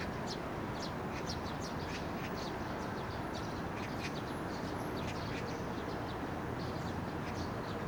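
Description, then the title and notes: Eurasian tree sparrow chirping, bright clipped notes in a continuous irregular series, partly masked by a dense rumble of road traffic. Yangjaecheon Stream, Yangjae-dong, Seocho-gu, Seoul, South Korea; summer during the monsoon season, with vehicles including a bus passing by. "대한민국 서울특별시 서초구 양재동 261-23-Yangjaecheon, Summer, Bus, Sparrow. Yangjaecheon Stream, Summer, Monsoon, Sparrow, vehicle passing by 양재천, 여름, 장마철, 참새"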